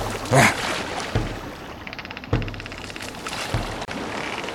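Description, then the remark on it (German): A small boat moves through water, with steady sloshing and a few splashing strokes at a regular pace, set against a continuous watery wash and a faint high hum. “Noch hat der Römer das kleine Boot nicht entdeckt, das direkt auf sie zukommt.”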